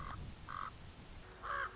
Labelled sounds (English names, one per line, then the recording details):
Common Raven
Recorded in Sonoma County, California